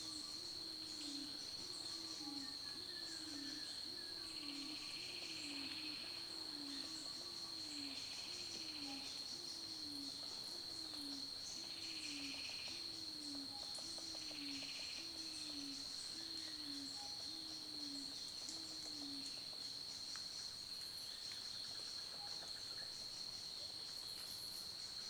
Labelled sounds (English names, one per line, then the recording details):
Afep Pigeon
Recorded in Kibale, Uganda